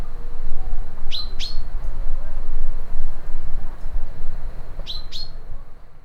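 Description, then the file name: Common chaffinch giving two bright doubled 'pink' call notes about four seconds apart, against constant low-frequency background noise. "Fringilla coelebs"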